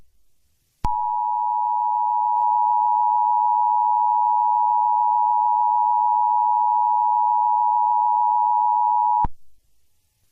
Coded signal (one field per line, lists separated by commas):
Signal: Emergency Alert System (SAME) tones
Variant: 853 and 960 Hz attention tone